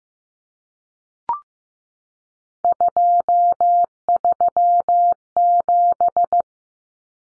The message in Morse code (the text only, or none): 237